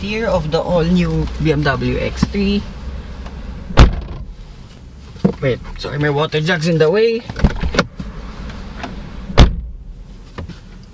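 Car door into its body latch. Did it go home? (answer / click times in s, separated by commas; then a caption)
yes / 9.4 s. A man talks beside a 2024 BMW X3 xDrive20d Professional SUV, then closes its door by hand into the body latch. The door latches shut at 9.4 s with a solid thud rather than a click, because there is no soft-close mechanism pulling it in.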